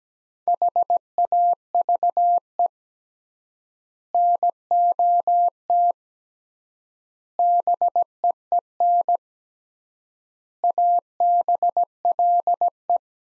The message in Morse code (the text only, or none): HAVE NOT BEEN ABLE